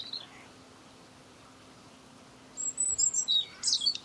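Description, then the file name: European robin: a faint high note at the start, quiet for over two seconds, then a short bright burst of high, sweet warbling notes. "Erithacus rubecula"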